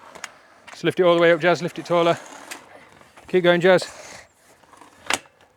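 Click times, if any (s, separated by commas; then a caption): 5.1 s. Someone talks while a telescoping metal leg on a pop-up gazebo frame is lifted taller. The spring pin latch on the leg snaps into its hole with a sharp click at 5.1 s, locking the leg in place.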